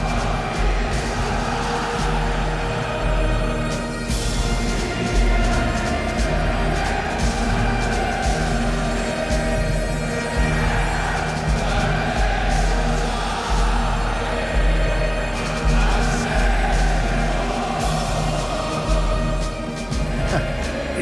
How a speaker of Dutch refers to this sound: We gaan nog even naar het volkslied van Schotland. Ja. Want we gaan er uitgebreid over verder praten. Want is het wel een volkslied? Eerst gaan we luisteren.